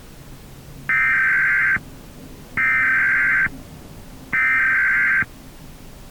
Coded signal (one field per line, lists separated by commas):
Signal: Emergency Alert System (SAME) tones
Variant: header bursts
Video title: EAS Mock - Winter Storm Warning for Portland, Maine